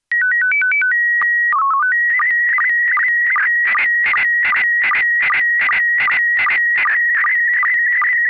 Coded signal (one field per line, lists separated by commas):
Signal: SSTV (slow-scan television)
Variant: PD 50